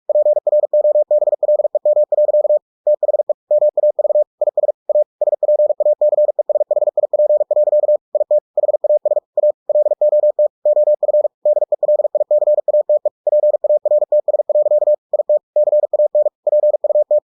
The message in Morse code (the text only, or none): PROBLEM. THE MAV IS A SPACESHIP. IT HAS A LOT OF DELICATE PARTS. IT CAN PUT